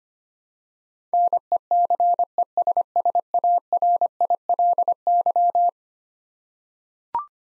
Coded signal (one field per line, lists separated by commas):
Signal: Morse code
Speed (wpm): 25 wpm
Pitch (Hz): 700 Hz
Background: none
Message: NECESSARILY